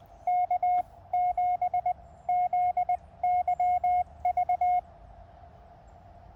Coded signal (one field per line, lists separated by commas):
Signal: Morse code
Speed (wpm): 21 wpm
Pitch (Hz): 720 Hz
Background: radio noise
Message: K7ZYV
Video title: POTA QRP CW Cootie activation of White Pines State Forest, K-1031 using QRP-Labs QCX transceivers